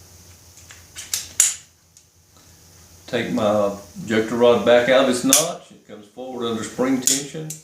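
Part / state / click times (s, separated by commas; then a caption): ejector rod into its notch on the revolver cylinder crane / seated / 1.4 s. On a short-barrel Ruger revolver, the steel ejector rod is moved out of its notch on the cylinder crane and comes forward under spring tension as the cylinder goes back together. A light tick at 1.1 s is followed by a sharp metallic click at 1.4 s as the rod locks into place, then a faint tick near 2.0 s. Someone talks from about 3 seconds on, and the rod is seated.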